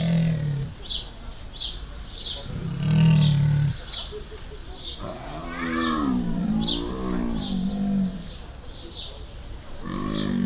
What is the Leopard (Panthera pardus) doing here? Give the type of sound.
call